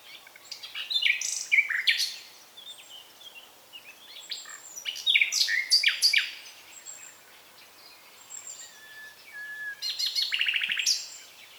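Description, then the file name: Common nightingale song in varied bursts of sharp high chirps, clicks and buzzy notes, separated by short pauses, with a thin whistle before the last burst. "Luscinia megarhynchos"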